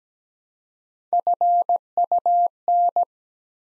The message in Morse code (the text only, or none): FUN